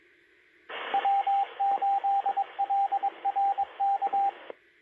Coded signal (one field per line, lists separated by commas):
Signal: Morse code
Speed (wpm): 22 wpm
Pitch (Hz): 790 Hz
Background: radio noise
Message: W8LRK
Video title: 2M ON ICOM R30 7-20-2019